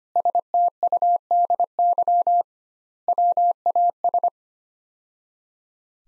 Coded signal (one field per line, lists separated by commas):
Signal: Morse code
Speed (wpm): 25 wpm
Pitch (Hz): 700 Hz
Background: none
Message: STUDY WAS